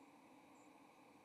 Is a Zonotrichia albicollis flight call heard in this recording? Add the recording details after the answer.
yes. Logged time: 07:33 on 30 October 2014